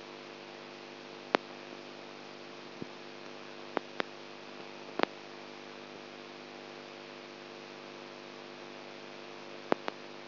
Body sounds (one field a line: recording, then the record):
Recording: brain microelectrode recording played as sound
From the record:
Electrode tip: outside the subthalamic nucleus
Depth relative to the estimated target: -8 mm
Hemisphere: right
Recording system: AlphaMap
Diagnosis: Parkinson's disease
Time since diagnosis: 20 years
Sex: female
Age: 64 years